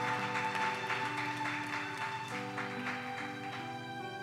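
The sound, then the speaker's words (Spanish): An audience claps for the Lord in a steady rhythm over sustained keyboard music, a dense, continuous wash of hands keeping time with the held chords, with no voices rising above it. “Denle ese aplauso al Señor con todo el corazón.”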